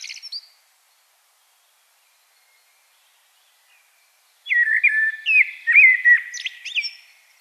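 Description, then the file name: Common blackbird song: a short high twitter, about four seconds of silence, then a warbled fluty phrase ending in thin high notes. "Turdus merula"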